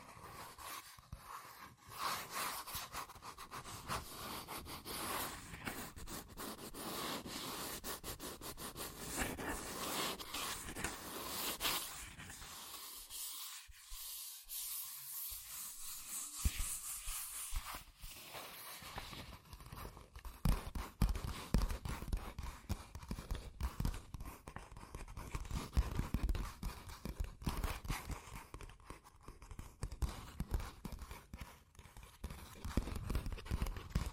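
Fast tapping, scratching and tracing on cardboard and paper, a dense run of quick dry strokes and taps that rarely pauses. The middle stretch, around 13 to 19 seconds, turns thinner and brighter, a light scratchy rubbing. Heavier, fuller taps return toward the end.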